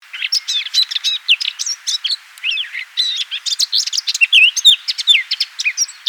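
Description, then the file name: Eurasian blackcap song, a rapid, varied warble of twittering notes and fluty slurred whistles running continuously without pause. "Sylvia atricapilla"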